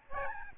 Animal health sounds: mosquito wingbeat signal from an infrared sensor; Aedes albopictus

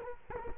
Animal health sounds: mosquito wingbeat signal from an infrared sensor; Culex quinquefasciatus

